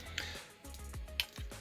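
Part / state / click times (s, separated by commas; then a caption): plastic landing gear panel into transforming robot toy body / seated / 1.2 s. A plastic panel carrying the rear landing gear of a Fans Toys FT-54 Warthog (Powerglide) transforming robot toy is brought all the way around and clicked together into the toy body. Light plastic handling ticks lead up to a sharp click at 1.2 s, while music plays throughout. The panel seats.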